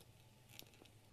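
A gray collet ring on a push-fit fitting of an 11-stage Lifetech water purifier is pressed downward to free a plastic blanking plug that will not come out by pulling alone. A sharp, short click at 0.6 s marks the plug letting go, followed by a few faint ticks, and the plug is released.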